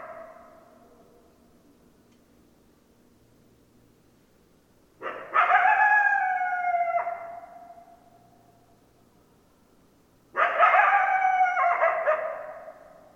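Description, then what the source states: Coyotes howling: a fading tail at first, then after a quiet pause two strident, harmonic calls about five seconds apart, each sliding downward. Recorded 10 December 2012; more than one coyote.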